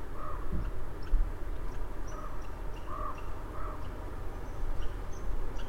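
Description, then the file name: Raven calls: four short, hoarse notes, the first alone and three more closer together, against constant low-pitched background rumble and faint high clicks. Recorded 9 October 2008. "20081009 ravencalls"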